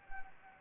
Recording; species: mosquito wingbeat signal from an infrared sensor; Anopheles gambiae